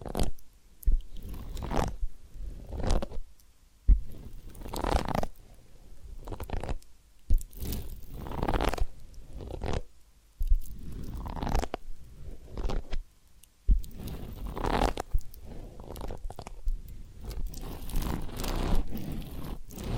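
Ear cleaning and massage sounds: crunchy, scratchy rubbing strokes arrive in uneven bursts about every second, some soft and muffled, others crisp and bright. Short pauses break the rhythm near 4, 7, 10 and 13.5 seconds, with low thumps underneath.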